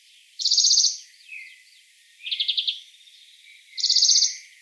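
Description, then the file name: European greenfinch uttering three quick stuttering trills, each about half a second, with soft chirps in between. "Chloris chloris"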